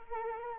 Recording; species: mosquito wingbeat signal from an infrared sensor; Anopheles arabiensis